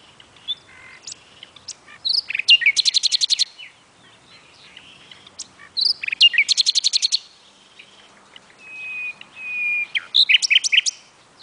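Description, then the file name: Common nightingale song, loud phrases each ending in a rapid rattling trill of repeated notes, then a level whistle followed by more chirps. "Luscinia megarhynchos"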